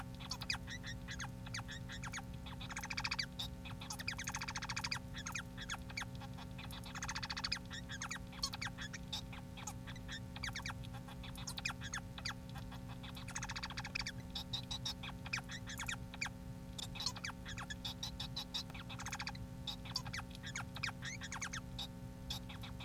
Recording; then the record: song of a male Bengalese finch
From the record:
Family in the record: son of father 4